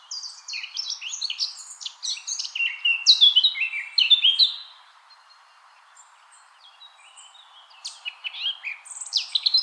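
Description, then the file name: Eurasian blackcap singing a fast, jumbled warble of rich, clear notes, pausing for about three seconds midway before another bright warbled phrase begins. "Sylvia atricapilla"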